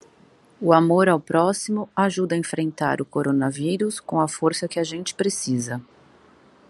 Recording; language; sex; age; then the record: spoken sentence; Brazilian Portuguese; female; 40 to 49 years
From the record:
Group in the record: control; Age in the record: 41 years